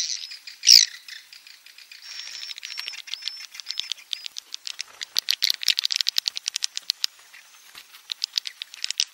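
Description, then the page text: Swiftlet calls: a sharp chirp, then a run of fast dry clicks mixed with brief buzzy twitters that grows louder and more rapid in the second half. Lure recording for swiftlet houses: a roosting-type ('inap') call. "Suara Burung Walet sufar sinar 77 Suara Panggil, Suara Inap Dan Tarik"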